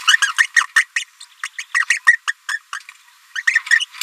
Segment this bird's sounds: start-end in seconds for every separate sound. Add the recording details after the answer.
0.22-0.33, 0.38-0.46, 0.56-0.64, 0.76-0.85, 0.96-1.04, 1.20-1.25, 1.74-1.85, 1.90-1.99, 2.07-2.16, 2.27-2.32, 2.48-2.58, 2.74-2.79, 3.35-3.42, 3.47-3.62. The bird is a female. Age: 27 days. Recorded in a nest box in Venezuela. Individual 17B73B2